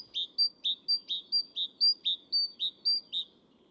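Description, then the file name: Great tit delivering a steady series of many sharp, see-sawing two-note phrases, about four a second. "Parus major"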